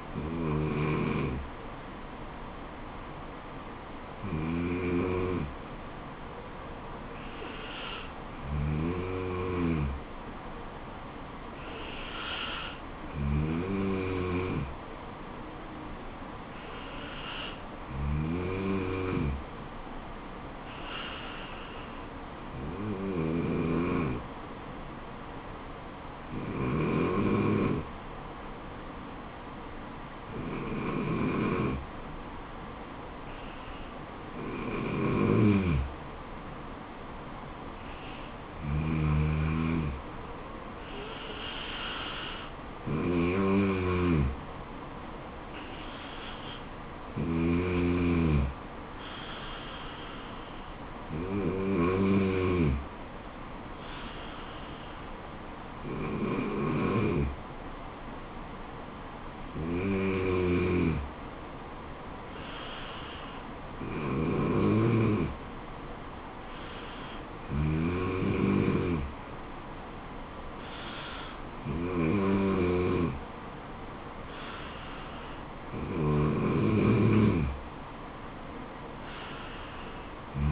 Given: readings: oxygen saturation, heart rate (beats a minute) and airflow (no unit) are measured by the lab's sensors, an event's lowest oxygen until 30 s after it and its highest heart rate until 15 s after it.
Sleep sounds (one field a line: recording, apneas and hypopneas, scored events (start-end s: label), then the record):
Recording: breathing in sleep by a voice recorder at the bedside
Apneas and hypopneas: none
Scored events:
25.00-80.52 s: new sleep stage, N3 (deep sleep)
From the record:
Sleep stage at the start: N2 (light sleep)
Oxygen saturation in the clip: 93 to 95%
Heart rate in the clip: 69 to 76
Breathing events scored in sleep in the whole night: 426 in 7.4 hours asleep